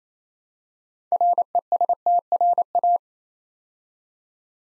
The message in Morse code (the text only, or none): RESTRA